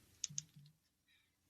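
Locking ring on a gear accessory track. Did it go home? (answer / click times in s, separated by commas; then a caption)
yes / 0.2 s, 0.4 s. A locking ring on the outer rings of a gear accessory track is pushed back down into its locked position. Two sharp clicks sound at 0.2 and 0.4 seconds, each followed by a short, dull low thump, and then it goes quiet. The ring clicks into place and is locked.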